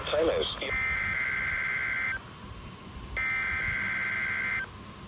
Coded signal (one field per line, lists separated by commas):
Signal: Emergency Alert System (SAME) tones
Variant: header bursts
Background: speech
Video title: (EAS #187) KMKX Required Weekly Test